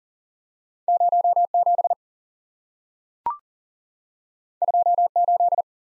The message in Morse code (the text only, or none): 0 7 2 8